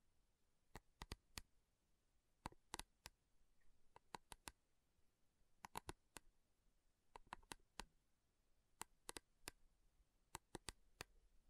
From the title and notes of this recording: ASMR Sleepy Slow Tapping Metal Sounds (No Talking).